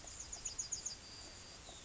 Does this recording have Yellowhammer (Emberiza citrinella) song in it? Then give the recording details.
yes. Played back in grassland. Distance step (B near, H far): F. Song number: 156